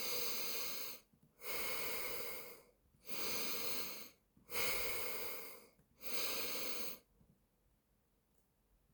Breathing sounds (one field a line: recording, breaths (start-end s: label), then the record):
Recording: nose breathing near a microphone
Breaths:
0.00-1.04 s: inhalation
1.04-2.74 s: exhalation
2.74-4.24 s: inhalation
4.24-5.69 s: exhalation
5.69-7.09 s: inhalation
From the record:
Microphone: phone